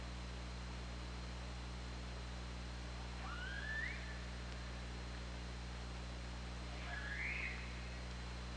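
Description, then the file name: Orca calls: two calls about three and a half seconds apart, the first rising, heard over a constant low hum and a thin steady high tone. Recorded on 24 August 2017 at about 21:32. "Orca Lab"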